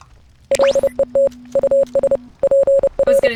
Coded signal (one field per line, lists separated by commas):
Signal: Morse code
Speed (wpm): 30 wpm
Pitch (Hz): 550 Hz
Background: speech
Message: LET US PR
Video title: BLIND Let's Play Oxenfree #17 - Radio-Woman